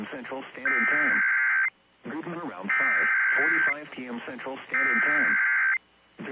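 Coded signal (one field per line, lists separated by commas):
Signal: Emergency Alert System (SAME) tones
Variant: header bursts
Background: speech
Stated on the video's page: Personally captured EAS alerts for Mississippi and Louisiana.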